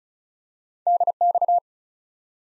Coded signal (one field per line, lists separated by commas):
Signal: Morse code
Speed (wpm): 36 wpm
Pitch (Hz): 700 Hz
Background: none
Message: DX